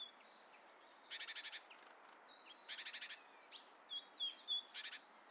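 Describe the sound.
Great tit churring: harsh buzzy rattles of several quick pulses recur every second or two, mixed with thin high whistled and chipping notes.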